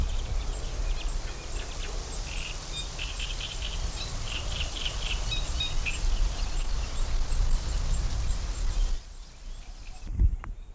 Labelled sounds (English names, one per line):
Great Reed Warbler